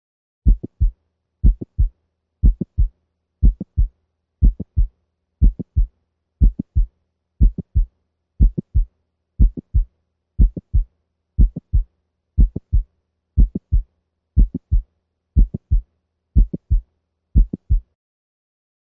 Mid-systolic clicks in the mitral valve region first at 60 beats per minute. Again, the sound cadence is lub-click-dup. in Cavalier King Charles Spaniels, these sounds are often associated with mitral valve prolapse, and are considered by many to be harbingers of future chronic valve disease.